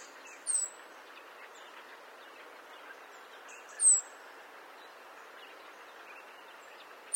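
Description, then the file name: European robin giving thin, very high descending whistled calls, one about every three seconds, over low background hiss. "Erithacus rubecula"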